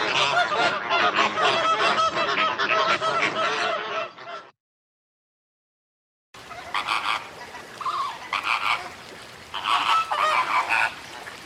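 Birds honking in a dense flock, then a short silence, followed by scattered, lower-level honks and calls.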